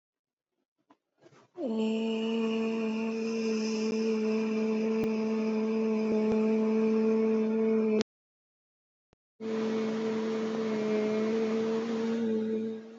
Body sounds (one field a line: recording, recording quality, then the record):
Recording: sustained vowel as in made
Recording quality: excellent, no background noise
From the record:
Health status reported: exposed to COVID-19, no respiratory illness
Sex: female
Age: 22 years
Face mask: worn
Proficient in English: yes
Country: India